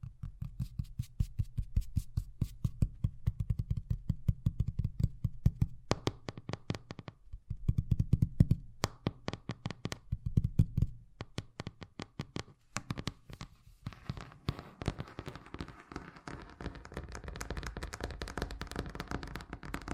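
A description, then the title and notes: Fast tapping fills the whole stretch, a dense stream of sharp, quick hits that keeps an even, rapid pace. A low thumping body under the taps is strongest early on and thins out after about thirteen seconds, where the hits turn lighter and brighter with a faint hiss. ASMR Braingasm Inducing Fast Tapping (No Talking).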